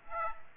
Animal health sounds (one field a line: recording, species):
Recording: mosquito wingbeat signal from an infrared sensor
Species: Aedes aegypti